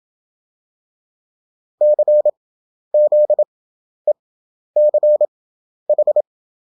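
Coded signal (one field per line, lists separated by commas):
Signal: Morse code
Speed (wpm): 27 wpm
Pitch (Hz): 600 Hz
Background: none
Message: CZECH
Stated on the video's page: Morse practice at 27 wpm character speed with 11 wpm effective (Farnsworth) spacing; European country abbreviations, each repeated five times after the country is spelled out.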